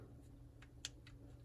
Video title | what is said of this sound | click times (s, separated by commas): Edora SMG Assembly - Beta Testing - Airsoft | you might want to give it a little twist as well and then you should hear it click down | 0.8 s